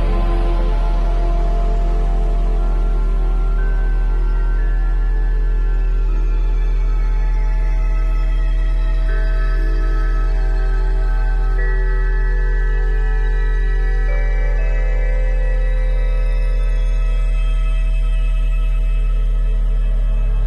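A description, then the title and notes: Steady layered tones at 174, 417 and 741 Hz hold throughout with no breaks, over a deep constant hum. Fainter ringing overtones drift and slowly glide above, shifting gradually around the middle, while the overall loudness stays flat. 174Hz+417Hz+741Hz.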